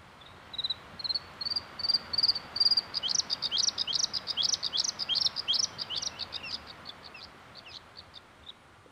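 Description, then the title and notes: Bluethroat song: a run of thin repeated notes at a steady high pitch, growing louder, then a varied stretch of sharp, chattering phrases that fades out. Featured by Yle as the nature sound of the week, presented by Juha Laaksonen. "Sinirinta. Viikon luontoäänen esitteli Juha Laaksonen. Kuva: Juha Laaksonen. Yle"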